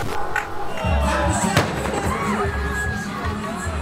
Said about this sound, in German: Eine gewaltige Explosion erschüttert den Versammlungsplatz. Knapp 50 Meter von uns entfernt steigt eine schwarze Rauchwolke hoch. Die Menschen sind konsterniert, viele schockiert. 2 Bomben sind hochgegangen.